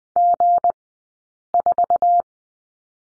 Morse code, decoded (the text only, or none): G4